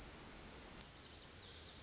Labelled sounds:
Pacific Wren
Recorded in Sonoma County, California

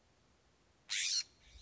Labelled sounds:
California Scrub-Jay
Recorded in Sonoma County, California

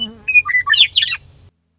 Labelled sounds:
Western Meadowlark
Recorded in Sonoma County, California

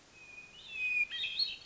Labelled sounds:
Hermit Thrush
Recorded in Sonoma County, California

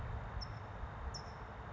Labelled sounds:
California Towhee
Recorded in Sonoma County, California

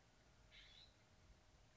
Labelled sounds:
California Scrub-Jay
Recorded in Sonoma County, California

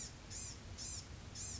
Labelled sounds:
Blue-gray Gnatcatcher
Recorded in Sonoma County, California

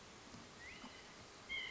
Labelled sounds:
White-breasted Nuthatch
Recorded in Sonoma County, California

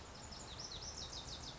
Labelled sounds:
Lazuli Bunting
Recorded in Sonoma County, California

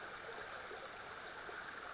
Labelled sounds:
Western Flycatcher
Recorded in Sonoma County, California

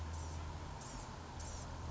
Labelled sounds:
Blue-gray Gnatcatcher
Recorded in Sonoma County, California

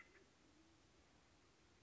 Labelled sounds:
Band-tailed Pigeon
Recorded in Sonoma County, California

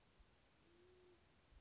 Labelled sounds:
Band-tailed Pigeon
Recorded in Sonoma County, California

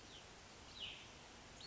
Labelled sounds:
Cassin's Vireo
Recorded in Sonoma County, California

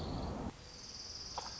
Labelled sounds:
Orange-crowned Warbler
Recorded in Sonoma County, California

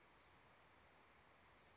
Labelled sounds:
Western Flycatcher
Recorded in Sonoma County, California

